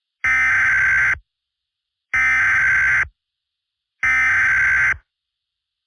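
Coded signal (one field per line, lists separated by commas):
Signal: Emergency Alert System (SAME) tones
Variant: header bursts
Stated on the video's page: Fictional EAS scenario about a volcanic eruption.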